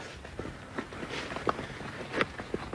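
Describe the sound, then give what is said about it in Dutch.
Footsteps push through reeds as someone walks on to check a nest, several irregular crunching, rustling steps over a steady soft hiss, with one or two sharper, louder snaps of stalks partway through. “Even een stukje verder lopen.”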